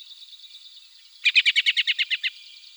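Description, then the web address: Black-throated thrush call: a rapid run of about eleven short buzzy notes over a steady high background hum. "soud Drozd chernozobyj"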